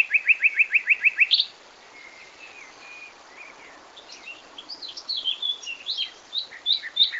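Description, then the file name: Common nightingale singing, opening with a fast series of identical sharp notes, followed by quiet fluting phrases and then varied rich high warbles. "Luscinia megarhynchos"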